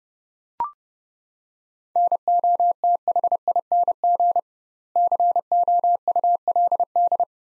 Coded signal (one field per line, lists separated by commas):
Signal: Morse code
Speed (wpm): 30 wpm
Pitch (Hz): 700 Hz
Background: none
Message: NOTHING COULD